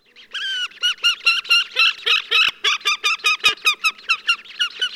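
Horned grebe giving a fast series of nasal, squealing harmonic notes, about five each second, with two sharp clicks partway through.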